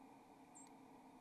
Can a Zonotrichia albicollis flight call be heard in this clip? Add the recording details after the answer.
no. Another species' flight call is heard. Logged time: 08:22 on 27 November 2014